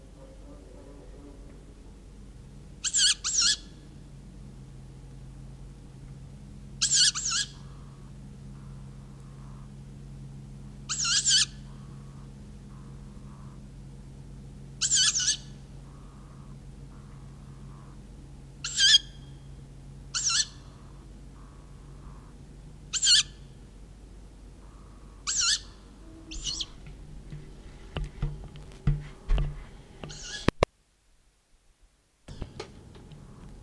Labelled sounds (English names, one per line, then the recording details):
Tawny Owl call
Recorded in the wild
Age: juvenile
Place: Blankenburg/Harz, Harz, Sachsen-Anhalt, DE
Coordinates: 51.7917, 10.9633
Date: 1971-07-15
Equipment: Uher 4200 Report-S, Tesla Verstärker, Sennheiser MD 421
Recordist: Tembrock, Günter